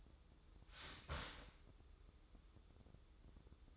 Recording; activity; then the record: daily activity, microphone in the room; start toaster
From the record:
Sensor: 3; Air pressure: 995.3 hPa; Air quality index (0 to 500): 75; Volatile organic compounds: 5 ppm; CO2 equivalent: 1760 ppm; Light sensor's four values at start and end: 18/55/23/20 and 18/55/23/20